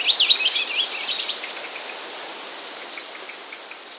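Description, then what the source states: Willow Warbler: a quick burst of high, sweeping notes in the first second, then faint scattered chirps and one brief high note over a steady hiss. Recorded 4 September 2016.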